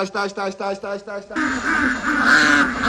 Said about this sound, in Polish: Przebóg, ten idiota zwabił kaczki z całej okolicy.